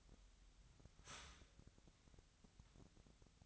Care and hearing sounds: daily activity, microphone in the room; start toaster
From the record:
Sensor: 3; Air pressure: 1001.9 hPa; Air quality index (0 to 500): 245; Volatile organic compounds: 49 ppm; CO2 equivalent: 3280 ppm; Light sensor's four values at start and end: 14/41/18/15 and 14/41/18/15

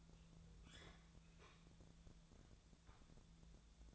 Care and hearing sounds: daily activity, microphone in the room; open fridge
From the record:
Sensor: 3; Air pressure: 1000.1 hPa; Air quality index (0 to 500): 132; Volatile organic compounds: 2 ppm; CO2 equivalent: 1179 ppm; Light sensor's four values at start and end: 44/111/47/52 and 44/111/47/52

